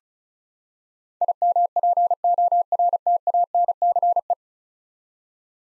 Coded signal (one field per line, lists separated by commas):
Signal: Morse code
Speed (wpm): 36 wpm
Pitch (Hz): 700 Hz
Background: none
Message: IMPORTANCE